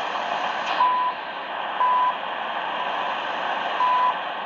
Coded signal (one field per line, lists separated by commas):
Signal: none